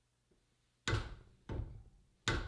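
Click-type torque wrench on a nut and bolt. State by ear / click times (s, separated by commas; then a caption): torque reached / 0.9 s, 2.3 s. A 1/2-inch click-type torque wrench set to 30 ft-lb tightens a steel nut and bolt until it breaks over at the torque limit. Sharp clicks ring out at 0.9 s and 2.3 s, with a softer click at 1.5 s between them. Each one has a bright, metallic attack that fades quickly, and both main clicks confirm that the wrench reached its set torque.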